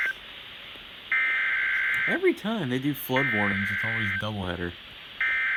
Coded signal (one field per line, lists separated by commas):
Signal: Emergency Alert System (SAME) tones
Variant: header bursts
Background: speech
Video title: EAS Flood Warning double header WNG704 162.425 EAS#154-155